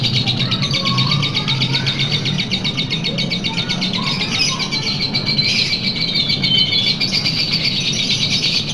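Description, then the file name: Lovebird chattering trill, a fast, steady stream of high buzzy notes running without a break throughout over a low hum. Long trill, a song style known locally as ngekek panjang. "lovebird-ngekek-panjang-1-omkicau"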